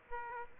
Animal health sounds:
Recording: mosquito wingbeat signal from an infrared sensor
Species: Aedes aegypti

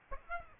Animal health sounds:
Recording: mosquito wingbeat signal from an infrared sensor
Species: Aedes aegypti

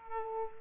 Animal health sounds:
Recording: mosquito wingbeat signal from an infrared sensor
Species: Culex pipiens

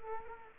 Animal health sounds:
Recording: mosquito wingbeat signal from an infrared sensor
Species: Culex quinquefasciatus

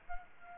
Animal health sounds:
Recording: mosquito wingbeat signal from an infrared sensor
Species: Aedes albopictus

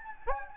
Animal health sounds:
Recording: mosquito wingbeat signal from an infrared sensor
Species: Anopheles gambiae

